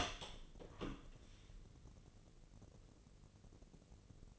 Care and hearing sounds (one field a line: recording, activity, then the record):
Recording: daily activity, microphone in the room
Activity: open door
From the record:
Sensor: 4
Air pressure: 1013.2 hPa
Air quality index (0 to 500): 178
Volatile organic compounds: 2 ppm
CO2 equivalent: 1123 ppm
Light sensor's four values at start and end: 78/190/81/82 and 100/251/104/112